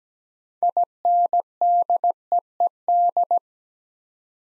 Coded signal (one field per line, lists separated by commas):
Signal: Morse code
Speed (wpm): 17 wpm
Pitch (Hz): 700 Hz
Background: none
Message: INDEED